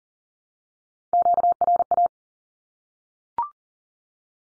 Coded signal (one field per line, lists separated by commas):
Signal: Morse code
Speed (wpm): 40 wpm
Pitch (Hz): 700 Hz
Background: none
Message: QRA